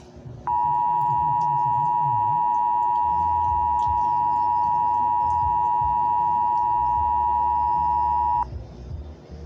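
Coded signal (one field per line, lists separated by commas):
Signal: Emergency Alert System (SAME) tones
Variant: 853 and 960 Hz attention tone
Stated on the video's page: EAS tones from a fictional EAS scenario.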